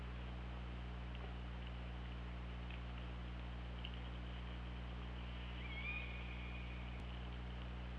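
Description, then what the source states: Orca call, one drawn-out tonal call with a slight upward start late, amid steady hiss, low hum and a sharp click near the end. Recorded on an OrcaLab hydrophone, 24 August 2017 at 21:14.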